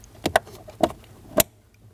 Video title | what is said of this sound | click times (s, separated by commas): How to Replace Blower Motor Resistor 2011-2016 Kia Optima | Make sure you hear a click. | 0.4 s